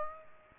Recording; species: mosquito wingbeat signal from an infrared sensor; Aedes aegypti